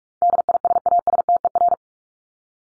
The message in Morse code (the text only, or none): DISASTER